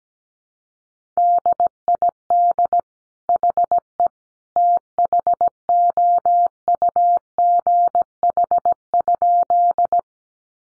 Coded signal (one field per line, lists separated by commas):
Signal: Morse code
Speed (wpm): 17 wpm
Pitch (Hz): 700 Hz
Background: none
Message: DID HE THOUGH?